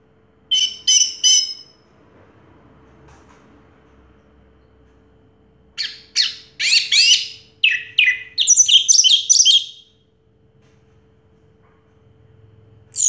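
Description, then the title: Orange-headed thrush song: a short triple-note phrase, a pause, then a long varied run of quick sweeping chirps and whistles, with a final note at the end. Song used as a lure to prompt a stalled, silent orange-headed thrush to start singing. "Anis Merah Macet.. Pancing Dengan Suara Ini.."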